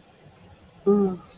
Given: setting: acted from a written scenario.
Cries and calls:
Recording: vocal sound without words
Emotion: neutral

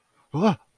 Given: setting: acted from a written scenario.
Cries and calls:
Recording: vocal sound without words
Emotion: negative surprise

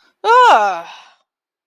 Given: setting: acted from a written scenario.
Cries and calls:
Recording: vocal sound without words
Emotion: disgust

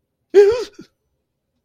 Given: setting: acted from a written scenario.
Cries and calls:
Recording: vocal sound without words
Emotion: fear

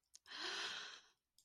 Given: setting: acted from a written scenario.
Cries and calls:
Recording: vocal sound without words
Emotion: romantic love

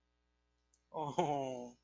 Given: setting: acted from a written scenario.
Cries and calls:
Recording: vocal sound without words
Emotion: adoration

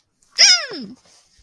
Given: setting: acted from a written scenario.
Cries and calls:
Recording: vocal sound without words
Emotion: pride

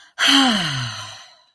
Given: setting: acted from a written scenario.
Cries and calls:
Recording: vocal sound without words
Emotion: pride

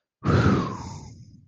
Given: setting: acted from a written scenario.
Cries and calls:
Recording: vocal sound without words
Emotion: relief

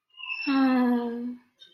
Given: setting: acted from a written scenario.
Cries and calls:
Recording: vocal sound without words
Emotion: distress

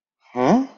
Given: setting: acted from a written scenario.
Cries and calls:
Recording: vocal sound without words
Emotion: confusion

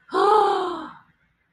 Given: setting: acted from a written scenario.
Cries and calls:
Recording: vocal sound without words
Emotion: awe

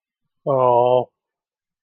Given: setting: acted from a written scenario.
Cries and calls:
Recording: vocal sound without words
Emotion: sympathy

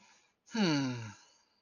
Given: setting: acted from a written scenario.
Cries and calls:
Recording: vocal sound without words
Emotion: serenity

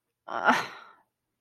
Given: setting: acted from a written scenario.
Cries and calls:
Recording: vocal sound without words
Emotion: guilt

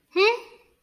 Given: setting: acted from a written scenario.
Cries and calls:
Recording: vocal sound without words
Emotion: neutral

